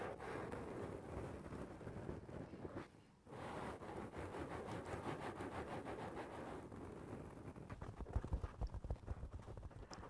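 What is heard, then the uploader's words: Rapid tapping on a foam roof, dense and steady, a quick patter of soft knocks with a clip-clop feel. It drops away briefly around the three-second mark, then resumes. Toward the end the taps grow sharper and more uneven, with a few louder hits. Tapping on the roof of your foam house.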